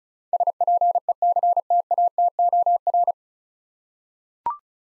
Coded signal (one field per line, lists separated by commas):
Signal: Morse code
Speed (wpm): 36 wpm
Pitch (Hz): 700 Hz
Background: none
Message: SPECTATOR